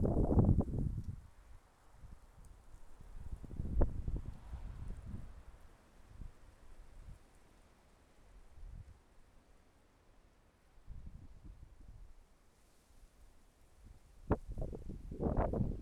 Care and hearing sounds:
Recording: everyday scene through a hearing-aid microphone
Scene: wind on the microphone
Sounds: wind, traffic, birds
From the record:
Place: suburban garden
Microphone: behind the ear, left, rear

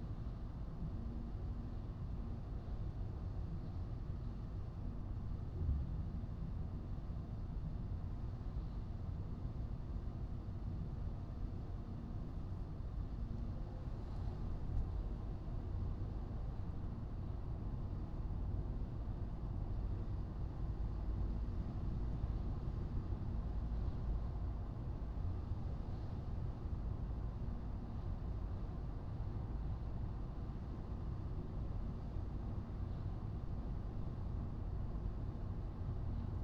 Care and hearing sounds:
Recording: everyday scene through a hearing-aid microphone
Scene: in a vehicle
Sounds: engine, highway driving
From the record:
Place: Skoda Fabia, gasoline engine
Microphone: in the ear canal, right

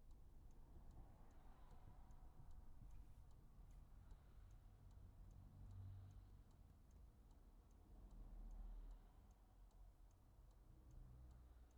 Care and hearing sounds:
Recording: everyday scene through a hearing-aid microphone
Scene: in a vehicle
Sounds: engine idling, traffic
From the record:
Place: Skoda Fabia, gasoline engine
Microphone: behind the ear, right, rear

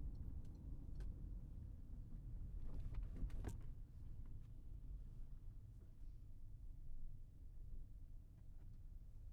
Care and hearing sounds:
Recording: everyday scene through a hearing-aid microphone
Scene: in a vehicle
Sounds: engine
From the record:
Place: Berlingo II, diesel engine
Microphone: behind the ear, right, rear

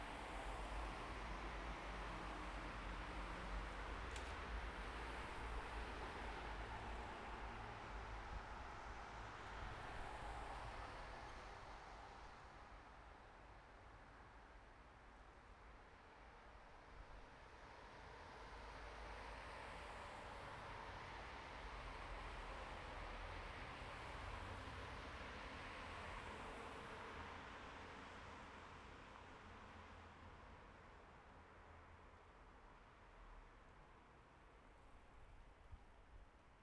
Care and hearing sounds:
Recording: everyday scene through a hearing-aid microphone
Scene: in traffic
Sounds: traffic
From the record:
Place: bus stop on a city main road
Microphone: behind the ear, right, rear

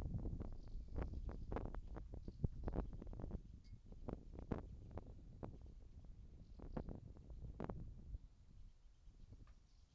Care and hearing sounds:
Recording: everyday scene through a hearing-aid microphone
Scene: wind on the microphone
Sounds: wind, whistling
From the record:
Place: in front of a rural house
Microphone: in the ear canal, left

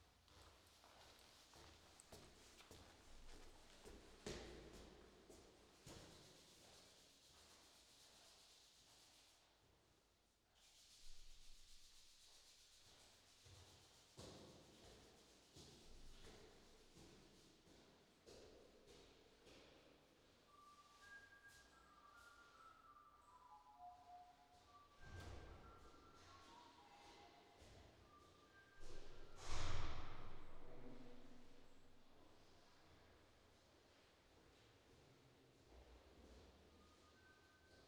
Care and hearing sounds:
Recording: everyday scene through a hearing-aid microphone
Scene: reverberant space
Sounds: background noise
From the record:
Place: staircase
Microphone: in the ear canal, left

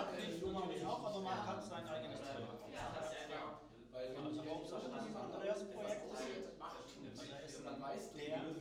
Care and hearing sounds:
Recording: everyday scene through a hearing-aid microphone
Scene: many people talking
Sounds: many voices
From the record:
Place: bistro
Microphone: in the ear canal, right

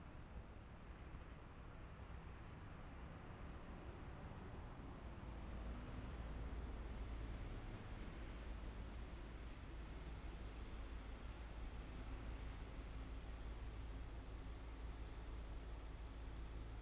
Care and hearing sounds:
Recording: everyday scene through a hearing-aid microphone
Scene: in traffic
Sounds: traffic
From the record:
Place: main city hub, rush hour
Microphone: behind the ear, right, rear

